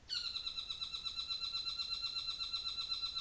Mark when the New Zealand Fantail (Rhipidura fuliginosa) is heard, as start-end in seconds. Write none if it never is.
none